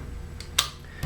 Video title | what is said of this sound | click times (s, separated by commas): SPR project part 4 | very simple to if you need to deploy that just grab it flip it up locks into place and is | 0.6 s